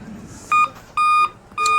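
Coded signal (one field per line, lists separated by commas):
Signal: beep code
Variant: Dell laptop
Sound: three beeps of about 1.2 kHz, short then longer, the third cut off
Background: small room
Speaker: और कहीं ना कहीं यह बप दे रहा है और लाइट का सिंबल भी जो है बारबार रेड हो रहा है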